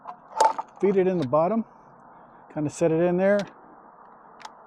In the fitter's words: Gently push it back in till it clicks.